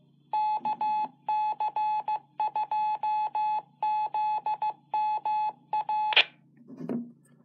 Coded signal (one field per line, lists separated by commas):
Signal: Morse code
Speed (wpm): 18 wpm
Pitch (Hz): 860 Hz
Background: none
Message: KC2ZMA